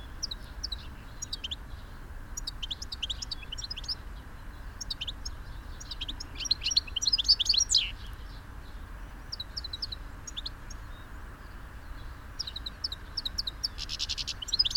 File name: Carduelis carduelis